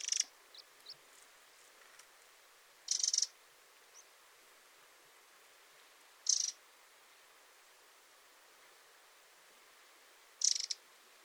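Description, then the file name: Eurasian wren giving short, high, dry rattling bursts roughly every three to four seconds, with a few faint ticks between. "Troglodytes troglodytes"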